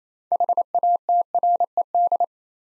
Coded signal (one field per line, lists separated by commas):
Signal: Morse code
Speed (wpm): 28 wpm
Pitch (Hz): 700 Hz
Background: none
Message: HATRED